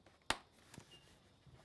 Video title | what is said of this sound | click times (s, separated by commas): Avios RC Groups Extra 330LX 1420mm (56") EPO (PNF) - HobbyKing Super Daily | you heard that click so | 0.3 s